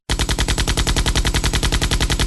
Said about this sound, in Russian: Когда рой подбежал на 400 метров, роверы нового поколения и мини-батареи открыли огонь одновременно. Звук огня был синхронизирован, и дождь пуль полетел по всем направлениям.